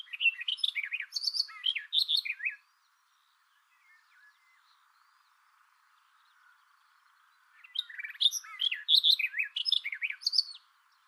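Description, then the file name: Barred warbler song: two bursts of hurried, chattering warble with mixed harsh and clear notes, separated by a quiet pause of about five seconds. "karvalyposzata hangja"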